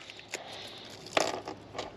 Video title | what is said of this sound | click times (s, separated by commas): JUSRON 3 Way Mirror for Makeup and Hair Cutting with Light - Unboxing/Review | They just lock into place right there. | 1.2 s